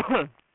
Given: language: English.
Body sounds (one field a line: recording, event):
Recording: throat vibration sensor signal played as sound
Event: cough